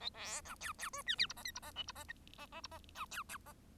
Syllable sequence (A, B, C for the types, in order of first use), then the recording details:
A B C D D E F G H I J H I K H I I I H I C D D I. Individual Bird1